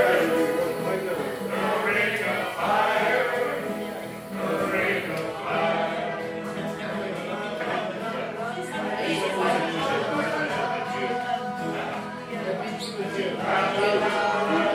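A group sing-along at Tigh Ruairi on Inis Oirr, with many voices joining together in a dense, continuous sound. The singing holds a steady level throughout, easing briefly around four seconds and again near twelve, with chatter and other voices mixed in underneath.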